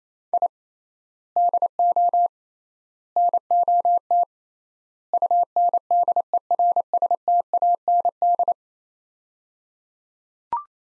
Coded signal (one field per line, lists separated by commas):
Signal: Morse code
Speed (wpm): 27 wpm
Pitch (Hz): 700 Hz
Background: none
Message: I DO NOT UNDERSTAND